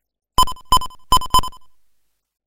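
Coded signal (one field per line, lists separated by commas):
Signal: none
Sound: game music beeps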